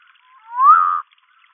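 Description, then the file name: Humayun's night frog giving one upward-sweeping whistled note that levels into a short buzzy tone, with near silence around it. "Nyctibatrachus humayuni"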